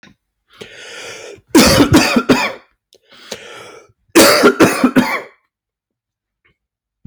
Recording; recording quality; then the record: heavy voluntary cough; excellent, no background noise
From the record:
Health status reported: healthy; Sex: male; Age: 29 years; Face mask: not worn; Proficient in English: yes